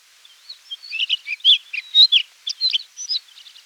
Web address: guldenstadts redstart song